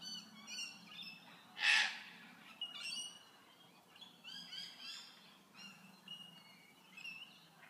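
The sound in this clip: Bird giving one loud, harsh call among softer, repeated high chirps and twitters.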